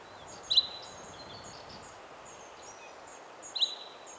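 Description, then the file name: Common chaffinch giving two abrupt, bright call notes roughly three seconds apart, while soft, thin notes from other birds sound faintly behind a constant hiss. "Fringilla coelebs"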